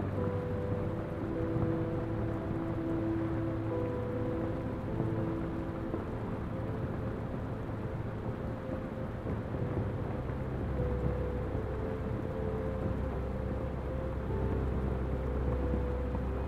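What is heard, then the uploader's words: White noise with rain runs steady and dense for the whole stretch, sitting mostly low to mid with little brightness above. Soft sustained tones drift over it, notes held for a few seconds at a time, suggesting a gentle piano beneath the hiss. White Noise and Rain with Soft Piano Sleep Music. White noise with rain and a soft piano.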